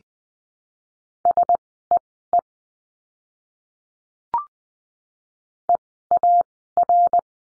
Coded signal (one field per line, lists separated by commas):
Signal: Morse code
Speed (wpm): 20 wpm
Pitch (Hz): 700 Hz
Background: none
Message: SEE EAR